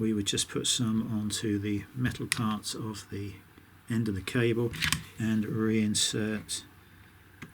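Someone talks while handling the end of a new mains cable for a GHD Gold S7N261 hair straightener, its metal contacts about to be greased with high-voltage contact grease before it is pushed back into its moulded seat in the straightener arm. Nothing has seated or clicked into place yet.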